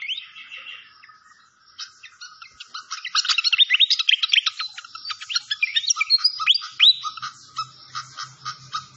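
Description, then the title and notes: Malaysian pied fantail song starting with soft high warbling, swelling into rapid chips and quick rising whistles, with a faint low hum near the close. Clear-voiced song on a masteran (training recording). "Masteran Sikatan Kipas Suara Jernih Dan Suara Gemericik Air. Suara Burung Sikatan Londo"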